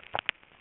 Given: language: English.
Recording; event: throat vibration sensor signal played as sound; swallow